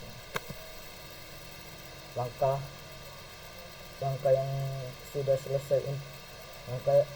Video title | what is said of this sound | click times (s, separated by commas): Komunikasi Data dan Jaringan Komputer Pertemuan 11 #Tugas3 | konektor sampai mengeluarkan suara klik | 0.4 s